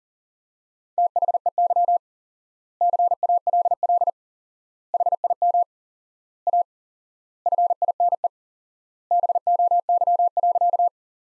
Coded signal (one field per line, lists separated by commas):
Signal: Morse code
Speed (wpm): 40 wpm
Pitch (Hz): 700 Hz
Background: none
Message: THEY CALL HIM A FINE BOY.